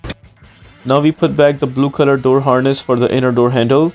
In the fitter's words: Press the plug to a point until you hear a clicking sound.